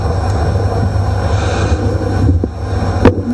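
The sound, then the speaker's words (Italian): A steady, droning roar of B-17 bomber piston engines over Bolzano, Italy, with a deep low hum and broad rumbling noise holding even throughout, a brief rise in loudness near the end. “Ancora aerei, sempre che i B-17”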